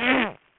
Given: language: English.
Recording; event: throat vibration sensor signal played as sound; throat clearing